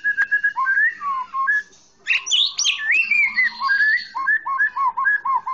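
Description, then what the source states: Oriental magpie-robin song with sweet whistled phrases, quick rising and falling slurs, scratchy bursts in the middle and a string of repeated looping whistles near the end. Long-duration chirping recording, over an hour long.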